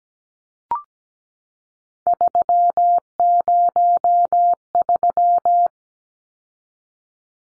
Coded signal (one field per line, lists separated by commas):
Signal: Morse code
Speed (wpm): 17 wpm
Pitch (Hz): 700 Hz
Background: none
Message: 303